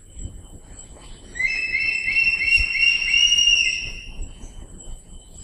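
Crested hawk-eagle call, a quick series of high whistled notes lasting a couple of seconds, with low background rumble.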